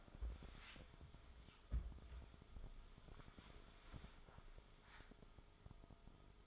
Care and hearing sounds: daily activity, microphone in the room; wipe stove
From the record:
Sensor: 5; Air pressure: 1005.0 hPa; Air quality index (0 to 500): 106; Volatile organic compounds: 2 ppm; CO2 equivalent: 1298 ppm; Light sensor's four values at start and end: 32/71/30/30 and 32/72/30/30

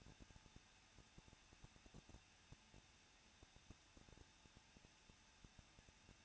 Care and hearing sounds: daily activity, microphone in the room; no activity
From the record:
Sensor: 2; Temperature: 21.0 degrees Celsius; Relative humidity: 37.6%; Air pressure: 1006.3 hPa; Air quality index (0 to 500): 224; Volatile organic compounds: 25 ppm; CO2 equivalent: 2844 ppm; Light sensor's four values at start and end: 2/3/2/2 and 2/3/2/2

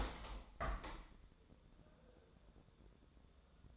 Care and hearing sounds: daily activity, microphone in the room; open window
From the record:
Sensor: 3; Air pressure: 1014.9 hPa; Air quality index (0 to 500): 73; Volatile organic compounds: 2 ppm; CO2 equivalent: 985 ppm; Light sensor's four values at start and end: 9/22/9/9 and 10/23/9/9

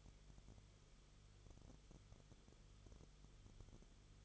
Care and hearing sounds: daily activity, microphone in the room; no activity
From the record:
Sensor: 4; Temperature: 22.9 degrees Celsius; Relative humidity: 34.5%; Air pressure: 1011.5 hPa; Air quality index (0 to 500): 193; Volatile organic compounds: 13 ppm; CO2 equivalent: 2390 ppm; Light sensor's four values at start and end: 2/3/1/1 and 2/3/1/1

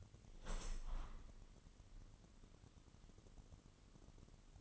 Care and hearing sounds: daily activity, microphone in the room; open window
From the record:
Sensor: 4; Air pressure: 998.8 hPa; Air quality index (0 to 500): 112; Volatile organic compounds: 2 ppm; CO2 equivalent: 1099 ppm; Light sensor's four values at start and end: 10/24/9/10 and 10/24/9/10

